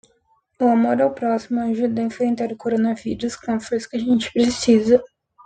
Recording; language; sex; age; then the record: spoken sentence; Brazilian Portuguese; female; 20 to 29 years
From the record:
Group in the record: control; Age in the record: 27 years